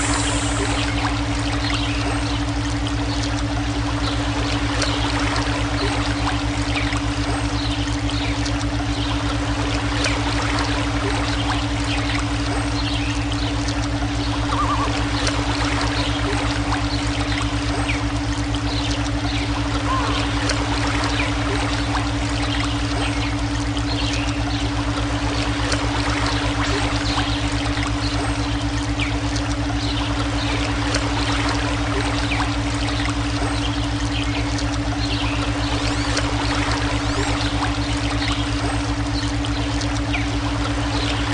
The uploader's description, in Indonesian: unsur alam dan gelombang otak